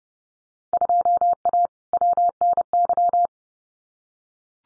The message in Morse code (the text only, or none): 2A WNY